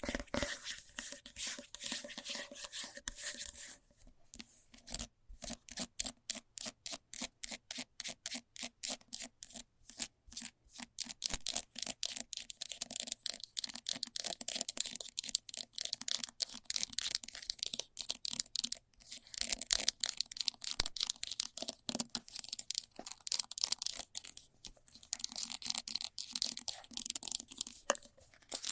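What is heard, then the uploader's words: Fast scratching strokes, bright and raspy, repeat in a quick regular rhythm for most of the clip. The first few seconds are a denser, rougher rub; after a brief pause near four seconds, tight strokes follow, loosening into a more irregular scrape later on. ASMR Fast Scratching for Extreme Tingles（No Talking）.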